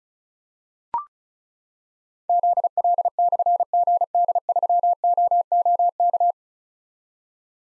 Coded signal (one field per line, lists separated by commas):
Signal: Morse code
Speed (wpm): 36 wpm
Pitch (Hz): 700 Hz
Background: none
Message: ZL/GD3OOK